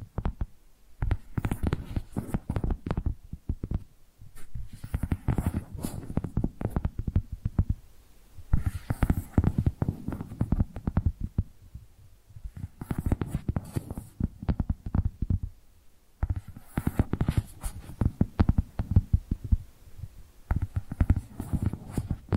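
Quick, dense fingertip tapping with a dull, thumpy low tone and sharp clicky tops. The taps come in bursts of about three to four seconds, separated by short pauses near 4, 8, 12 and 16 seconds. The bursts keep roughly the same loudness throughout.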